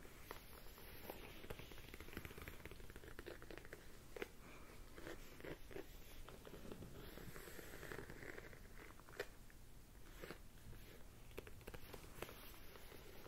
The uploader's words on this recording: ASMR Pulling Your Stress Away (layered sounds & hand movements).